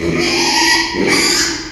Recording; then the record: squeal of a Yucatan mini pig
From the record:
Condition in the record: after surgery on the right vocal fold (resection and tissue-engineered implant); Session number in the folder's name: 2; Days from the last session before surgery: 13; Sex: male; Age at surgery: 12 weeks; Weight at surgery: 13 kg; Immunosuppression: cyclosporine, prednisolone